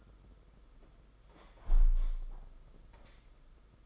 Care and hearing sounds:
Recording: daily activity, microphone in the room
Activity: close window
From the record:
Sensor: 5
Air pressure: 991.4 hPa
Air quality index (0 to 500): 106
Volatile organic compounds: 22 ppm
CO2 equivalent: 2760 ppm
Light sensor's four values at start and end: 39/126/47/51 and 39/125/47/51

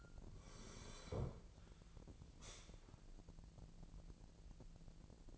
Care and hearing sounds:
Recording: daily activity, microphone in the room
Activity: sit down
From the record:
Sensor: 5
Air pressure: 1001.9 hPa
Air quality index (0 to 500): 247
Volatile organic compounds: 30 ppm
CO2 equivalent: 2960 ppm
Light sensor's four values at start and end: 46/110/46/50 and 46/111/46/50

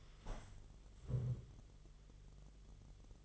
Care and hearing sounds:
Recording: daily activity, microphone in the room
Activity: stand up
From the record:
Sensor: 4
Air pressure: 1005.9 hPa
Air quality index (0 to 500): 103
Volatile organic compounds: 2 ppm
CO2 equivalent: 1292 ppm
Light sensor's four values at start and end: 13/29/11/10 and 13/29/11/10

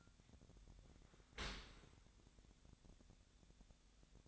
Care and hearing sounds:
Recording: daily activity, microphone in the room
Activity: open dishwasher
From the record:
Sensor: 3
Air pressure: 1006.6 hPa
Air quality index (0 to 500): 208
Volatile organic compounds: 19 ppm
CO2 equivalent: 2652 ppm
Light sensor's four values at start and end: 10/24/10/10 and 10/24/10/10

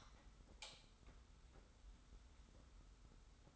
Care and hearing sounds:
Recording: daily activity, microphone in the room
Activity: light on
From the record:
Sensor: 3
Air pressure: 990.9 hPa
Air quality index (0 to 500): 115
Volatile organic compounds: 73 ppm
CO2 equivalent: 3548 ppm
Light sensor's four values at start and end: 36/86/35/33 and 39/95/38/36

